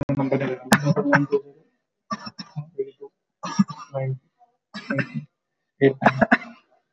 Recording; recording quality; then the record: shallow voluntary cough; moderate, slight background noise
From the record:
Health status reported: exposed to COVID-19, no respiratory illness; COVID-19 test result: not tested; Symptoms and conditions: none ticked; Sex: male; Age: 26 years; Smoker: not ticked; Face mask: not worn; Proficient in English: yes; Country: India